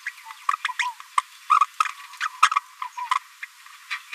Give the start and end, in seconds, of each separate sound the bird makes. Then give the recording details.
0.06-0.09, 0.53-0.56, 0.64-0.67, 0.79-0.86, 1.17-1.21, 1.50-1.59, 1.60-1.64, 2.21-2.28, 2.42-2.48, 2.82-2.84, 3.11-3.15, 3.43-3.45. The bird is a female. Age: 27 days. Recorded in a nest box in Venezuela. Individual 17B73B2